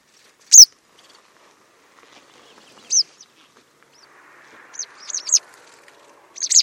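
White wagtail calls, crisp high descending chips, two given singly, then a quick cluster and one more at the very end, in a quiet setting.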